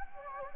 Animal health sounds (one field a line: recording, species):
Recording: mosquito wingbeat signal from an infrared sensor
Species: Anopheles gambiae